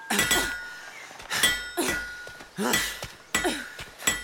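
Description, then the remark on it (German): Five sharp metallic hammer blows ring out at a steady pace, each strike bright and clanging with a brief ringing decay, as two people with hammers and chisels knock loose the metal hooks holding a bronze plaque to the rock face. No voices are heard. “Die Haken hier halten die Bronzetafel am Fels. Wir müssen sie herausschlagen.”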